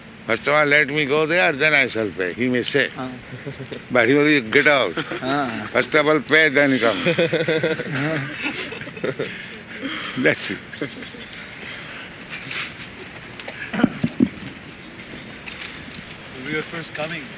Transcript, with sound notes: First of all let me go there, then I shall pay," he may say. But he will, "Get out. First of all pay, then you come on." [laughter]
When we were first coming